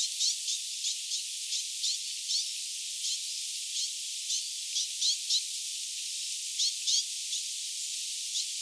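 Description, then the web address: Lesser whitethroat chicks calling: short, thin, high notes given in quick, irregular runs, often paired, over steady hiss. Chicks (young birds) calling; recorded 9 August 2026. "paivat 9 8 2026 hernekertun poikasten aantelya"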